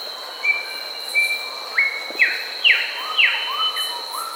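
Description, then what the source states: Grey Whistler song: long level whistles, then a run of steeply descending whistled notes and softer rising ones, set against a continuous high-pitched insect drone. Recorded in Papua New Guinea.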